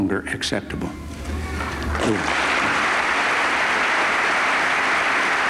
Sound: applause

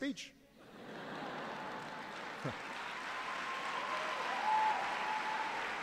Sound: laughter and applause

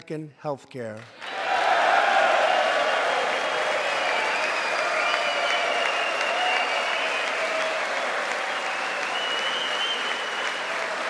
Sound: applause

